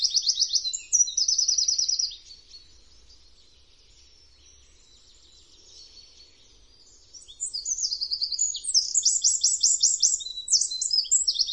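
Eurasian wren singing a fast, high-pitched outpouring of trills and chips, a short burst at the start, a quiet gap, then a longer vigorous phrase near the end.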